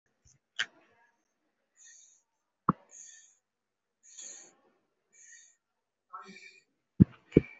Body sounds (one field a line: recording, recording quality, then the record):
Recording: shallow breathing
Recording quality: excellent, no background noise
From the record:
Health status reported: respiratory illness, not identified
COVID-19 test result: negative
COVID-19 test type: RT-PCR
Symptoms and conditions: cough, cold, breathing difficulty, fatigue, muscle pain, chronic lung disease, pneumonia, diabetes, another condition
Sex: male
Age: 55 years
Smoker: yes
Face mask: worn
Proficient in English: no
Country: India